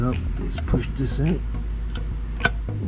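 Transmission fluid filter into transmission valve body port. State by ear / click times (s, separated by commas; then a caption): seated / 2.5 s. On a 2010 Nissan Altima, a transmission fluid filter is lifted up and pushed into its port on the transmission valve body while someone talks. A sharp click at 2.5 seconds marks the filter seating into place.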